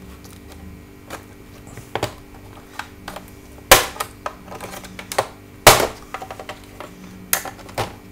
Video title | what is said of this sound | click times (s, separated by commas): Toshiba Satellite Pro R50-C Opening / Teardown | just get just start slowly moving around the case until you can hear us hear it clicking so | 3.7 s, 5.7 s, 7.3 s